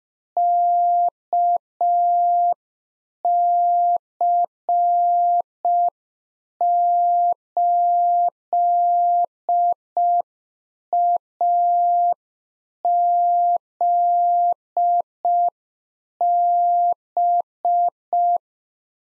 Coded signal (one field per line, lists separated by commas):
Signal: Morse code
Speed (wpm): 5 wpm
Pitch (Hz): 700 Hz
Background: none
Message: KC8AZB